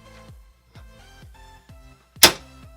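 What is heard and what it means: A drive or tray is slid into a PC case bay over soft background music, with faint sliding noises before a single loud, sharp click at 2.2 s. The drive seats in the bay.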